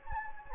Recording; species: mosquito wingbeat signal from an infrared sensor; Anopheles gambiae